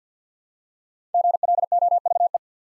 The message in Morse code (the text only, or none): GLOVE